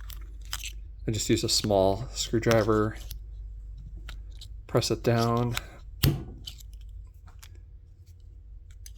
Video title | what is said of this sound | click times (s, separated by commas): 1975 GL1000 Gold Wing - Front Brake Master Cylinder | Yep, just heard it snap into its groove. | 8.9 s